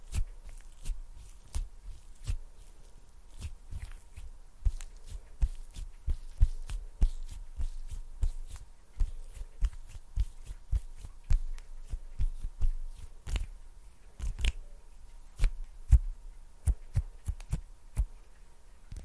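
Sticky hand sounds and finger snaps come in a fast, irregular stream of sharp clicks and smacks, several per second with no steady rhythm. Each hit is brief, with a dull low thump beneath a crisp top. A faint steady hum sits underneath throughout.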